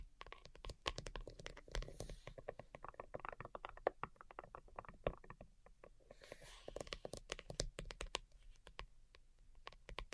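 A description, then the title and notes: Delicate tapping comes in quick, irregular clicks throughout, with brief brighter rustling bursts near two and six seconds over a soft low rumble. ASMR DELICATE Tapping for Sleep (No Talking).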